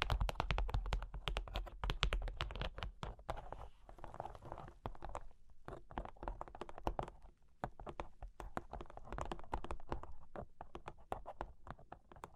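Cork and wood are tapped, scratched and traced in a busy, irregular run of small knocks and clicks, dense throughout with brief thinner patches near 4 and 7 seconds. Between the sharp taps come softer, rubbing scrapes, and a low rumble sits underneath in the first two seconds.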